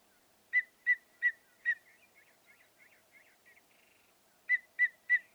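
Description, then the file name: Mockingbird song of four clear repeated notes, a stretch of softer twittering, then three more clear notes, with a faint steady hum beneath. "Northern Mockingbird"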